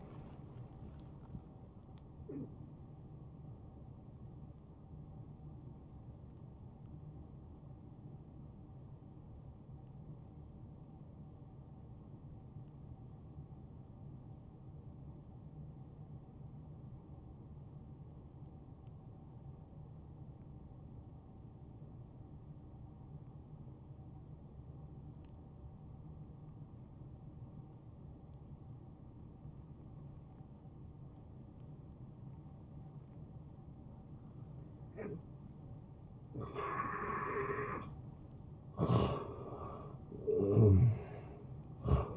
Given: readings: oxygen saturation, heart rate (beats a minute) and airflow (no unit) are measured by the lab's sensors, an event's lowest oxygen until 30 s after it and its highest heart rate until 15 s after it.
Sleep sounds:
breathing in sleep by a smartphone at the bedside; 1
6.00-36.90 s: hypopnea (N1, oxygen 94% highest, then 85% lowest, heart rate 75 at the start, 76 highest)
From the record:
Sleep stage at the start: N1 (lightest sleep); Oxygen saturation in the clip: 80 to 94%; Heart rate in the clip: 67 to 79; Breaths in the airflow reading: 5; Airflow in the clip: -10.1 to 6.0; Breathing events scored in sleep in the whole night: 263 in 5.5 hours asleep

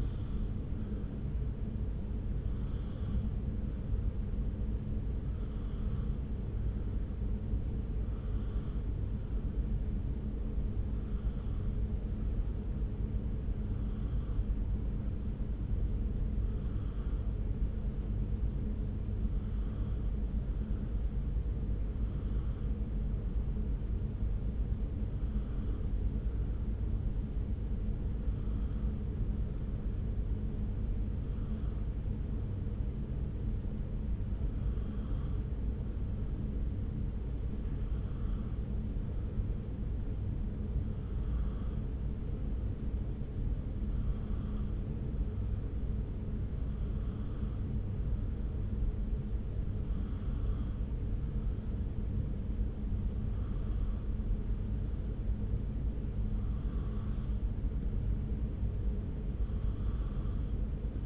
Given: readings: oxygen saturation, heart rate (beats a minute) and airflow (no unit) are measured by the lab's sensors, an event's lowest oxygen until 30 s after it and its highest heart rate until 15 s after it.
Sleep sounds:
breathing in sleep by a smartphone at the bedside; 1
16.00-47.30 s: hypopnea (N2, oxygen 97% highest, then 92% lowest)
From the record:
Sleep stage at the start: N2 (light sleep); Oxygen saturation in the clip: 92 to 97%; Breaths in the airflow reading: 17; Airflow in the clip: -0.7 to 0.8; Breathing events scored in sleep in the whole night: 335 in 6.7 hours asleep

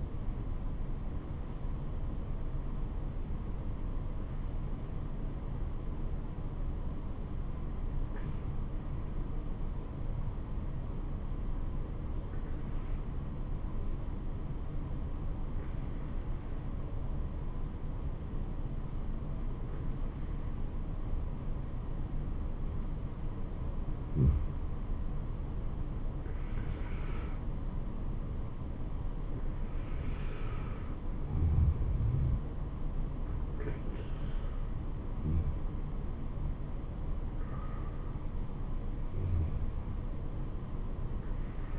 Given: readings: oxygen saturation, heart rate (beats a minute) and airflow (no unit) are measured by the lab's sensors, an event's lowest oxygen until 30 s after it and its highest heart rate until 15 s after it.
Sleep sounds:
breathing in sleep by a smartphone at the bedside; 1
3.00-26.00 s: hypopnea (N1, oxygen 96% highest, then 91% lowest, heart rate 77 at the start, 79 highest)
From the record:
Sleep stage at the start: N1 (lightest sleep); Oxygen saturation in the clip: 91 to 96%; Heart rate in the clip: 70 to 79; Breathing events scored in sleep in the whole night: 426 in 7.4 hours asleep

